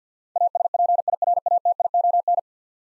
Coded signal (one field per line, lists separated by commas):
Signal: Morse code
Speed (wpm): 50 wpm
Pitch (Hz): 700 Hz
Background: none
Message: ASPIRATION